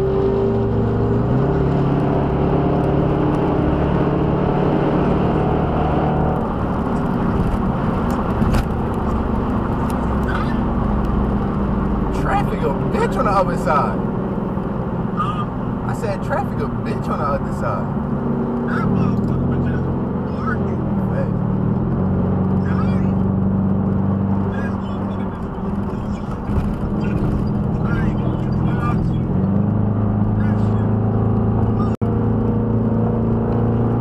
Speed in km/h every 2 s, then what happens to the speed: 171, 171, 169, 185, 175, 158, 140, 126, 113, 109, 116, 124, 126, 126, 130, 138, 148.
0-5 steady at about 171. 5-7 speeds up to 185. 7-18 brakes to 109. 18-34 speeds up to 148.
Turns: none.